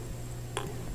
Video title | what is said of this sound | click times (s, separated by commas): Science Itself Shows How Wrong Science is | Just like Lego toys. Click right in there. | 0.6 s